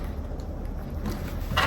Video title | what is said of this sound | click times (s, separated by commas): SHOULDN’T MONDAYS BE OPTIONAL? GET TO KNOW @chachaunlmtd WHILE I ASSEMBLE MY OFFICE CHAIR! | making sure that snaps in place. Voila, there it is. | 1.6 s